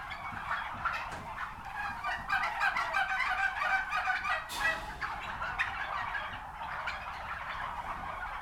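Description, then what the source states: Flock of turkeys gobbling, a steady overlapping mass of rattling calls, with a brief sharp noise midway. Recorded at a turkey farm.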